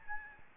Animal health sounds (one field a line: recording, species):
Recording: mosquito wingbeat signal from an infrared sensor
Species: Aedes albopictus